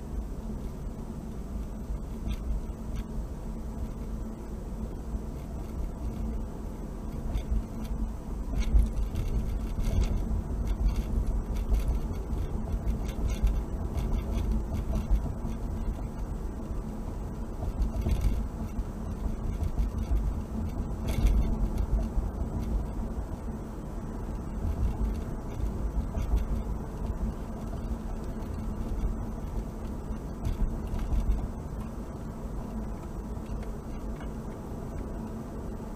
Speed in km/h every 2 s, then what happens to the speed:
42, 45, 48, 52, 53, 56, 58, 60, 61, 61, 60, 61, 63, 63, 63, 63, 63, 61.
0-15 speeds up to 61. 15-36 steady at about 61.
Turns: none.